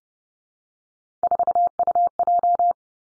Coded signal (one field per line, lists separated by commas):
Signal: Morse code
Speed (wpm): 30 wpm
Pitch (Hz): 700 Hz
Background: none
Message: 4UJ